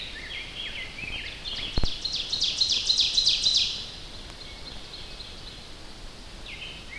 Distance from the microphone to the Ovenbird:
about 35 m